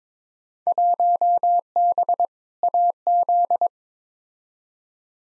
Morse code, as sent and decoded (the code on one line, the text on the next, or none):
.---- -... / .- --..
1B AZ